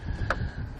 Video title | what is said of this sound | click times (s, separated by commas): etrailer - Compatible? Yes! The Thule Helium Pro Bike Rack for 3 Bikes Fits a 2016 acura MDX | put it back up in position pretty simple just raise it up until it snaps in now | 0.3 s